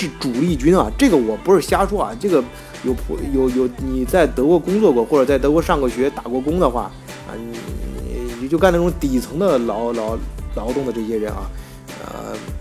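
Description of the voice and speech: A man speaks Mandarin with repeated words and syllables and stretched sounds, typical of stuttering. He has stuttered since childhood.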